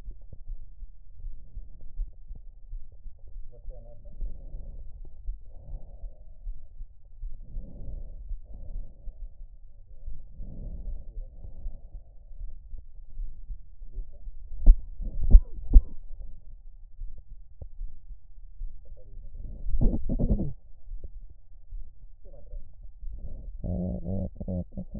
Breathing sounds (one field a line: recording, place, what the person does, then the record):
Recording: lung sounds by stethoscope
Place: right anterior apical chest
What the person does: quiet breathing, then cough and speech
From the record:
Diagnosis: COPD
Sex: female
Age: 72 years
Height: 156 cm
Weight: 72 kg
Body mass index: 29.6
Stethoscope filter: extended mode